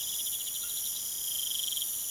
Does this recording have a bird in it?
no